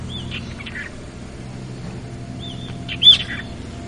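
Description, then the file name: Brown-eared bulbul calls: two short calls, each opening with a high arched note, the second louder, over a steady low hum. "hiyo"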